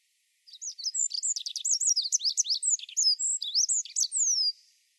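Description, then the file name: Olive-backed pipit song, a four-second burst of rapid, very high chirps and buzzy trilled notes, ending in a thin descending whistle. Recorded at Ashoro on 2 July 2008. "binzui asyoro kuroda"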